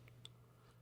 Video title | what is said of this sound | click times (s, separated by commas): Laptop screen replacement / How to replace laptop screen ASUS TUF A15 | Again, this is quite fiddly as it's a small connector, but once you line it up correctly, it will click into place. | 0.1 s, 0.2 s